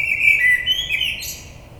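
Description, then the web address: Common blackbird song: a rich, warbled whistle trailing off into a thin, high twittering flourish. Recorded on 22 May 2022. "oiseaux Merle 2022 05 22"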